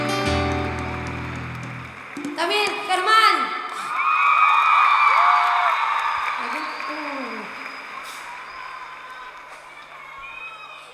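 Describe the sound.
A man speaks briefly, then a live concert audience bursts into sustained applause and cheering with scattered whoops for a band musician, swelling loud mid-clip and slowly tapering off.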